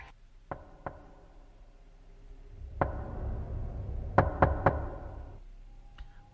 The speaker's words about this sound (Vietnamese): Bỗng nhiên, ở bên ngoài có tiếng gõ cửa lộc cộc vang lên. Âm thanh gõ cửa giữa đêm nghe rất rõ ràng, chói tai.